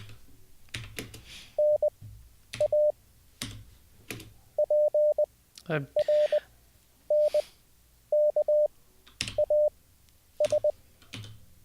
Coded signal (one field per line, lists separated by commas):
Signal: Morse code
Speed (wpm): 20 wpm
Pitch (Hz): 600 Hz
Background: speech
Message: N A P R N K A S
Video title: How To Learn Morse Code LIVE with N0SSC (Day 2)